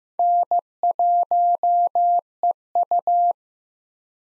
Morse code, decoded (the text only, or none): N1EU